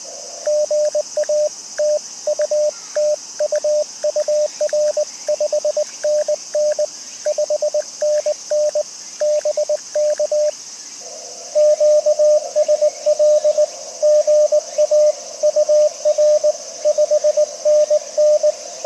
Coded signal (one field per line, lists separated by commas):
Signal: Morse code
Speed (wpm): 20 wpm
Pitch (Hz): 600 Hz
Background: radio noise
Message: GA TU TU UR 5NN 5NN BK QSL GA UR 5NN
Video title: （再）開局３周年記念 いまだにCW初心者 CQ POTA 20/18WPM HAMRS ログ取り POTA JP-1306 東高根森林公園 2024/09/10 アマチュア無線 VLOG 530